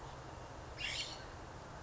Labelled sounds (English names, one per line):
California Scrub-Jay